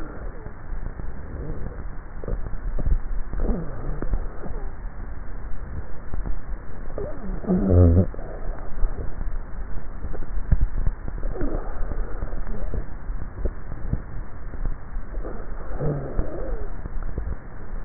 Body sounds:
swallowing sounds by neck microphone; 2
2.52-3.85 s: swallow
10.25-11.32 s: swallow
From the record:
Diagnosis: dysphagia

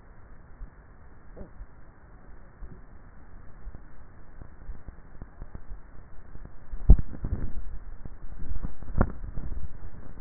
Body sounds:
swallowing sounds by neck microphone; 2
6.63-8.63 s: swallow
8.87-9.93 s: swallow
From the record:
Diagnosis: dysphagia

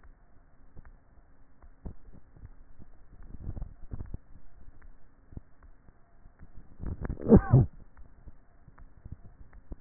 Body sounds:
swallowing sounds by neck microphone; 1
3.28-4.12 s: swallow
From the record:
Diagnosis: dysphagia

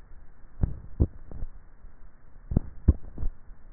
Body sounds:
swallowing sounds by neck microphone; 2
0.65-1.75 s: swallow
2.58-3.28 s: swallow
From the record:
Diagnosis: dysphagia

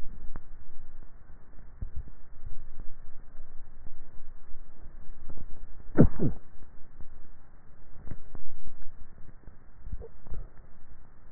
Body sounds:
swallowing sounds by neck microphone; 2
1.85-2.55 s: swallow
9.82-10.42 s: swallow
From the record:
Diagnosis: dysphagia

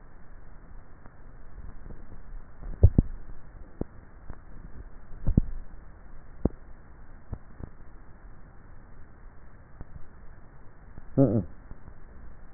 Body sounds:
swallowing sounds by neck microphone; 2
2.62-3.48 s: swallow
5.02-6.08 s: swallow
From the record:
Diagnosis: dysphagia

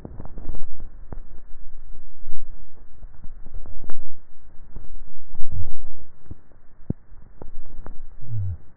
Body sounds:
swallowing sounds by neck microphone; 2
2.82-3.48 s: swallow
6.78-7.55 s: swallow
From the record:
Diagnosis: dysphagia

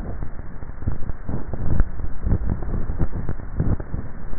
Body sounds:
swallowing sounds by neck microphone; 1
2.25-3.08 s: swallow
From the record:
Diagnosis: dysphagia

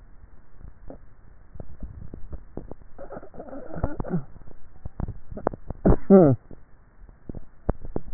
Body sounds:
swallowing sounds by neck microphone; 1
1.62-2.68 s: swallow
From the record:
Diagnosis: dysphagia

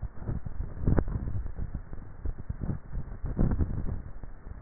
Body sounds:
swallowing sounds by neck microphone; 2
0.68-1.35 s: swallow
3.32-3.85 s: swallow
From the record:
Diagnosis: dysphagia

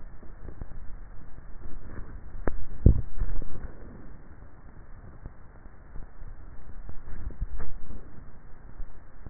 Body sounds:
swallowing sounds by neck microphone; 2
2.65-3.62 s: swallow
7.22-8.02 s: swallow
From the record:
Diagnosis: dysphagia

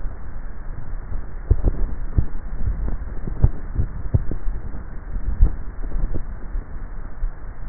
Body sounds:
swallowing sounds by neck microphone; 2
2.42-3.70 s: swallow
5.35-6.38 s: swallow
From the record:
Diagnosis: dysphagia

